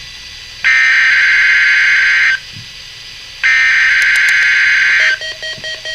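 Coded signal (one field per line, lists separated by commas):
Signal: Emergency Alert System (SAME) tones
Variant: header bursts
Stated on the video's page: Required Weekly Test from weather radio station.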